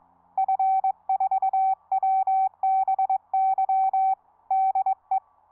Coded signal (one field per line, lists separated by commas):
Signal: Morse code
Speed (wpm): 22 wpm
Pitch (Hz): 770 Hz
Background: none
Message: F4WBY DE